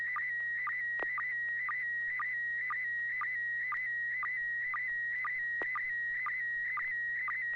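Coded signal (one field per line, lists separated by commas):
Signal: SSTV (slow-scan television)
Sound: steady high warbling tone with regular short low blips about twice a second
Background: low hum, occasional clicks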